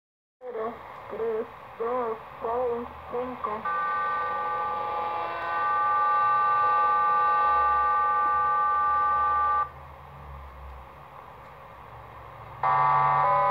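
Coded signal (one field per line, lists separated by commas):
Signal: numbers station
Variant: HM01, Spanish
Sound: brief voice, then a chord of many steady tones through static, resuming after a pause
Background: radio static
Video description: Captura de la legendaria emisora cubana de números HM01 en 17480 Khz presuntos 50 kw no direccionales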